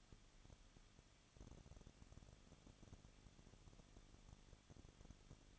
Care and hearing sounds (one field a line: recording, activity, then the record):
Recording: daily activity, microphone in the room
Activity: no activity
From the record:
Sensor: 4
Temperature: 23.0 degrees Celsius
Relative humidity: 34.3%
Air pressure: 1007.2 hPa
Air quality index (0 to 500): 218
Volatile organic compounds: 16 ppm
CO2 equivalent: 2523 ppm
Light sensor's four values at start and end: 2/3/1/1 and 2/3/1/1